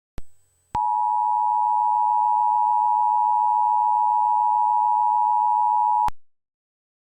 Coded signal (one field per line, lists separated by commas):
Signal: Emergency Alert System (SAME) tones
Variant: 853 and 960 Hz attention tone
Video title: (EAS SCENARIO) Zombies Destroy the World